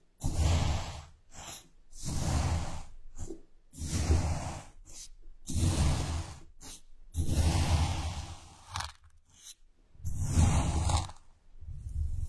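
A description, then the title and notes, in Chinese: Sand is set moving in repeated bursts, each a rough, hissing rustle lasting about a second, with some low rumble underneath. Around seven surges come at fairly regular intervals, separated by brief near-silences, with a few short softer flicks between them. 动力沙触发，沙沙声。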